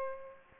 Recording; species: mosquito wingbeat signal from an infrared sensor; Aedes aegypti